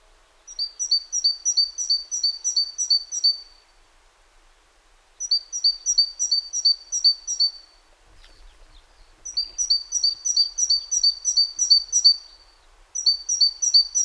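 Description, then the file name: Great tit delivering long, rhythmic phrases of high two-part notes, about three per second, broken by short pauses; a faint click partway through. "Parus major"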